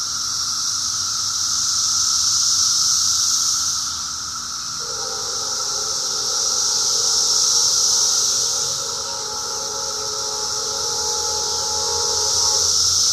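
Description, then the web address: Cicada chorus, a loud unbroken high buzz swelling in slow waves; a steady mid-pitched tonal hum enters partway through. Recorded in 2004. "~paradise cicadas 2004"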